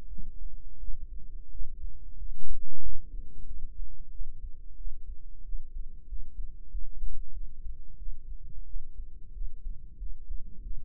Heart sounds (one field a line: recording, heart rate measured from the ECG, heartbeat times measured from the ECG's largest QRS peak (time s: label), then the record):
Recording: heart sounds by microphone in the right ear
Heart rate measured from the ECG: 91 bpm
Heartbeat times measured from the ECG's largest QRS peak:
0.09 s: heartbeat
0.79 s: heartbeat
1.51 s: heartbeat
2.18 s: heartbeat
2.82 s: heartbeat
3.46 s: heartbeat
4.11 s: heartbeat
4.76 s: heartbeat
5.44 s: heartbeat
6.08 s: heartbeat
6.70 s: heartbeat
7.33 s: heartbeat
7.98 s: heartbeat
8.66 s: heartbeat
9.33 s: heartbeat
9.98 s: heartbeat
10.62 s: heartbeat
From the record:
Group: healthy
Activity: rest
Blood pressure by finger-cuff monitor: 83/56 mmHg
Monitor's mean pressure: 67 mmHg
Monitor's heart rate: 91 bpm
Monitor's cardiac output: 7.8 L/min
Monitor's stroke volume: 85 mL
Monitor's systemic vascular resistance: 610 dyn s/cm5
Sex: female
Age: 22 years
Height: 161 cm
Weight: 65.5 kg